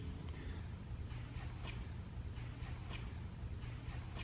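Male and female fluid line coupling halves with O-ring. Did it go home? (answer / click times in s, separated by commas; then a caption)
no / none. The O-ring on a male and female fluid line coupling is lubed and the two halves are readied before being pushed together. There is a steady low hum, faint rustling handling noises and a brief soft tap at 0.3 s. Nothing has seated or clicked yet.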